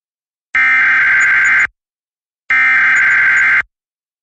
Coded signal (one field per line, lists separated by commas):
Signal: Emergency Alert System (SAME) tones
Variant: header bursts